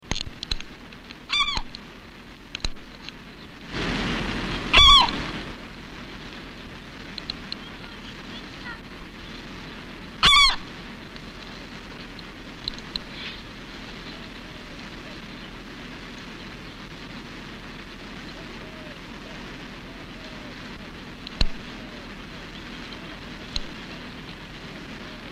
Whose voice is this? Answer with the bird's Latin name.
Larus argentatus